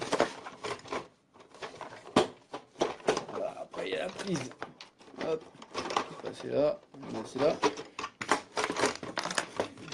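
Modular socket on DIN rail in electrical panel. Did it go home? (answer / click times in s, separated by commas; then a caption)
no / none. A modular power socket is handled and positioned onto the DIN rail of an electrical panel while someone talks, with short taps and plastic handling noises throughout. The socket has not clipped onto the rail yet; nothing has seated by the end of the clip.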